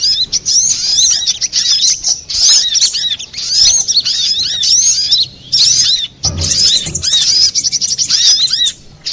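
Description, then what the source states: Little spiderhunter song: dense, high chattering of quick looping chirps and twitters, nearly continuous with short pauses, a brief low thump later on. Master recording for training cage birds.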